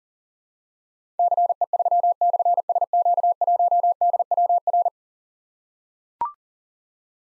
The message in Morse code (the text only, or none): CE3/SQ1DWR